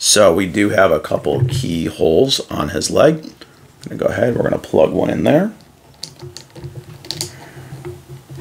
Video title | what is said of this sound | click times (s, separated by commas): Is this Kotobukiya Deku the worst? Or does he go beyond PLUS ULTRA? | okay and three actually just wraps right around his leg as you can see snaps right in | 7.1 s, 7.2 s